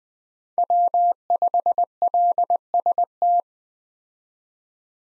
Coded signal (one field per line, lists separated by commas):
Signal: Morse code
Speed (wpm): 20 wpm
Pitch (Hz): 700 Hz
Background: none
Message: W5LST